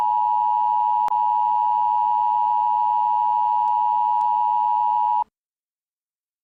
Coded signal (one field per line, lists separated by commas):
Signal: Emergency Alert System (SAME) tones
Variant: 853 and 960 Hz attention tone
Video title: Arrowverse EAS 3:Supergirl 1.19-20